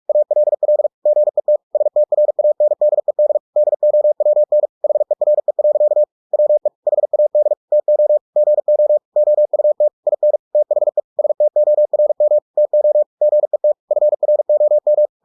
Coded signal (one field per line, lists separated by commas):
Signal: Morse code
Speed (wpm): 46 wpm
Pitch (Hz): 600 Hz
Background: none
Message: ALL GET STRANDED DOWN HERE. WE HAD TO GO OUT IN THE STORM TO GET FROM